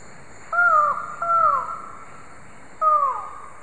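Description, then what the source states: Buckley's forest falcon with three strong nasal calls, each falling in pitch, the first two close together and the third after a short pause. Recorded in the eastern lowlands of South America.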